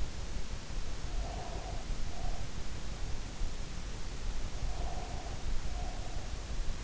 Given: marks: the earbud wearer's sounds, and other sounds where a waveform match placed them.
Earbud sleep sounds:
sounds in sleep by an in-ear microphone; breath
1.05-2.78 s: breath
4.48-6.47 s: breath

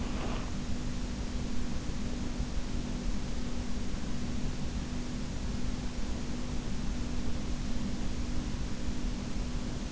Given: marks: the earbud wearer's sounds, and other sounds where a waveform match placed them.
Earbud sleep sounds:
sounds in sleep by an in-ear microphone; body movement
0.00-0.59 s: body movement

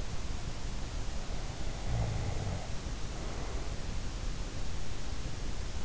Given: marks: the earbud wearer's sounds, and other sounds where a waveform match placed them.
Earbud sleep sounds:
sounds in sleep by an in-ear microphone; snoring breath
1.64-3.83 s: snoring breath

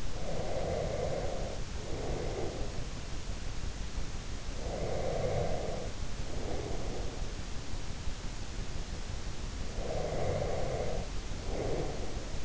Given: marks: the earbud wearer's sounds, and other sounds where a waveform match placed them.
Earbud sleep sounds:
sounds in sleep by an in-ear microphone; breath
0.00-2.88 s: breath
4.57-7.20 s: breath
9.60-12.45 s: breath

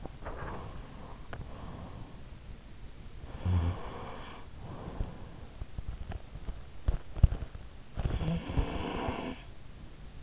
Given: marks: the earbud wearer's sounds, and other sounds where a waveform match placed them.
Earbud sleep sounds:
sounds in sleep by an in-ear microphone; breath, teeth grinding, snoring breath
0.00-2.53 s: breath
3.11-5.72 s: breath
5.72-7.72 s: teeth grinding
7.72-10.23 s: snoring breath

